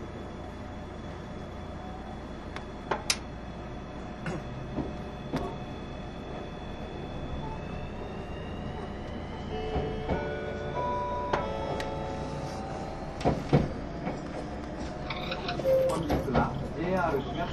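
A train runs with a steady low rumble throughout, while sharp clanks and knocks break in every few seconds, around 3, 5, 10, 13 and 16 seconds. Squealing metallic tones rise and hold in the second half, growing busier toward the end.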